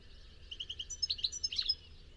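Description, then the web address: Bird chirping: a quick string of even high notes, then a brighter jumble of sharp chirps, over faint low background noise. "cianscape birddata Deverinetal 2025 Bird Only Ca Ca Ca Ca"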